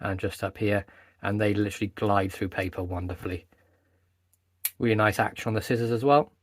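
Someone talks while working the small steel scissors on a 58 mm Victorinox Midnite Manager Swiss Army Knife multi-tool pocket knife (0.6366.T2), folding them back toward their position in the handle scale. Speech fills most of the clip, broken by a short quiet pause with brief handling sounds. The scissors have not yet seated or clicked into place.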